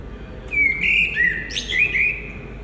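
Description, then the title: Common blackbird song, a rich warbled phrase of fluty notes followed by a thin scratchy flourish, with low hum underneath. Recorded at Résidence Sainte-Gertrude, Marolles, Brussels, Belgium; Sony PCM-M10 recorder with binaural microphones. "Marolles, 1000 Bruxelles, Belgique - Résidence Sainte-Gertrude - Merle - Blackbird"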